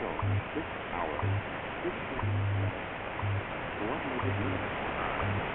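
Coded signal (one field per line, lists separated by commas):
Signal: radio time signal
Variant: WWV/WWVH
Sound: low hum pulses each second, short and long, under hissy shortwave static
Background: radio static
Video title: WWV male WWVH female 10MHz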